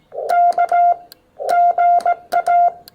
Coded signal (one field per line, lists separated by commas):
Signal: Morse code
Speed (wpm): 16 wpm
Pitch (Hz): 700 Hz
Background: music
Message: K GA